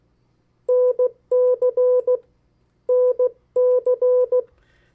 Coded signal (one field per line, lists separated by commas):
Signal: Morse code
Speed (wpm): 16 wpm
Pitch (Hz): 500 Hz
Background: none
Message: NC NC